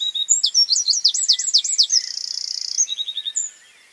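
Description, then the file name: Eurasian wren delivering a vigorous, high song of quick repeated swooping notes, followed by a sustained rapid trill and a few closing chirps. "Troglodytes troglodytes"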